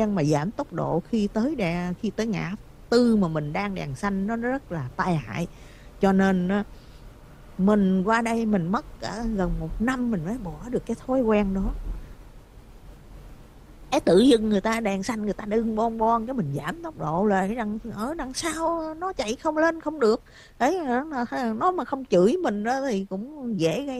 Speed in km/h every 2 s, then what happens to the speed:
44, 44, 44, 45, 47, 47, 45, 42, 37, 29, 21, 13.
0-12 steady at about 45. 12-24 slows to 13.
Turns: none.